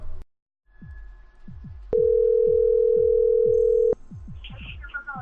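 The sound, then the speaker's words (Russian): After the caller hangs up, a loud, steady mid-pitched telephone tone sounds for about two seconds, over a repeating low thumping beat that continues before and after it. “Сука, положил трубку.”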